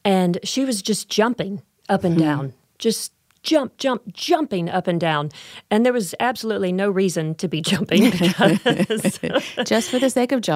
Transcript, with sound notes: She was just jumping up and down, just jump, jump, jumping up and down. And there was absolutely no reason to be jumping. (laughter)
Just for the sake of jumping.